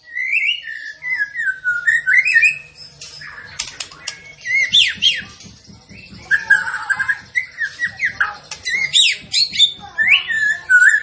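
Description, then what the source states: Tembakan bird song, a busy medley of rising whistles, chattering notes and buzzy trills, with faint low ticking underneath. Masteran training recording, with the bird singing actively (gacor).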